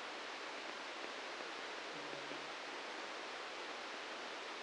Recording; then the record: brain microelectrode recording played as sound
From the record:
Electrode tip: outside the subthalamic nucleus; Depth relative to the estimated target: 2 mm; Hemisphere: right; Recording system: NeuroSet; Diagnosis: Parkinson's disease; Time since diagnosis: 7 years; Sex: male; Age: 44 years